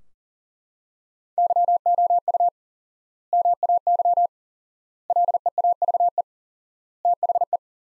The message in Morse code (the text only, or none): YOU MAY LEAVE THE